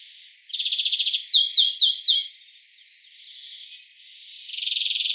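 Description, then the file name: European greenfinch twittering: a quick trill, then four loud sweeping chirps, softer notes, and a buzzing rattle at the end. "Chloris chloris"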